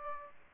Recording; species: mosquito wingbeat signal from an infrared sensor; Aedes aegypti